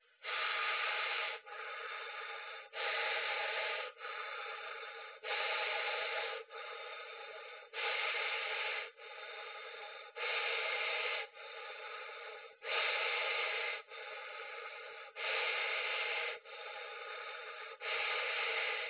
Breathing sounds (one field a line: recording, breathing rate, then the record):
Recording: paced breathing near a phone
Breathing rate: 24 breaths a minute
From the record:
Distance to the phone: 20 cm